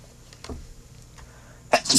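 An adult woman, a radio host on air, sneezes.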